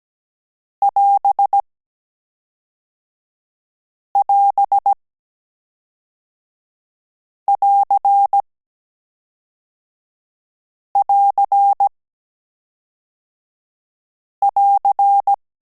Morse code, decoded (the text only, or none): <AS><AS><AR><AR><AR>